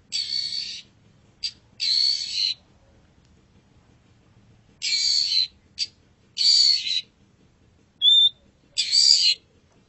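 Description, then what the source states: Long-tailed shrike giving harsh, grating rasps under a second long, in groups with pauses between, plus one brief clear whistle. Long-tailed shrike song, described as a champion singing bird.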